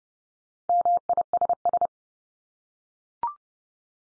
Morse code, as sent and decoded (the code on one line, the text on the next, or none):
-- .. ... ...
MISS